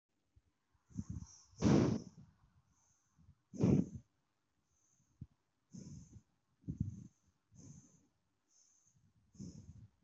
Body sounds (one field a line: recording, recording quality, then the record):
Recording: deep breathing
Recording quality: excellent, no background noise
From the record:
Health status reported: healthy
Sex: male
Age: 20 years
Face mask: not worn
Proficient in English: yes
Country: India